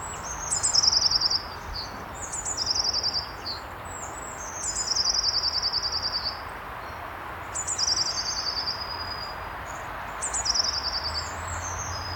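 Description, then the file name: Eurasian blue tit giving high thin notes that run into a fast silvery trill, phrases repeated about every two to three seconds over a soft background hiss. "Cyanistes caeruleus"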